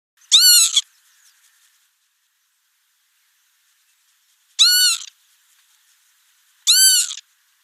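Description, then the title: Northern Lapwing calling three times: brief, husky, arched notes, the first followed by a long pause, the last two about two seconds apart. "Sylvain Jaskowiak - Mes piafs. Vanneau huppé"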